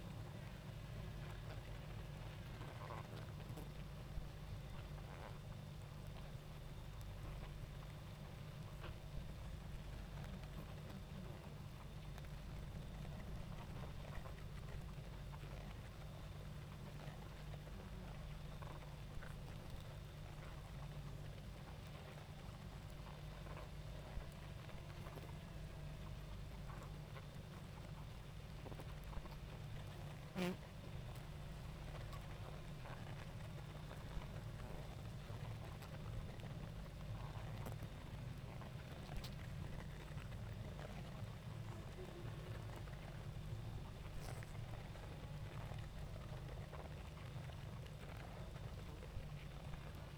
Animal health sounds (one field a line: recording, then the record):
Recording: honeybee colony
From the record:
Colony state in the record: active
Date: 28 July 2017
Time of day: 19:58